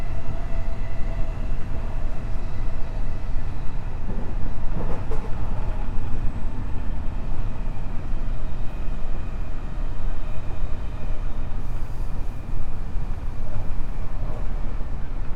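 Running sound recorded aboard a 207 series electric train on a rapid service. A steady, dense low rumble of wheels and motor fills the whole clip, with a faint humming tone throughout and a brief rattling swell around five seconds.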